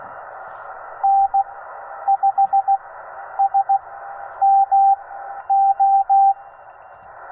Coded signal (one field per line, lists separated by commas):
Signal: Morse code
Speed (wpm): 16 wpm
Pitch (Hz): 790 Hz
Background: radio noise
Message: N 5 S M O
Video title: Morse Code Activation: RAW VIDEO - from K-0060 Saguaro National Park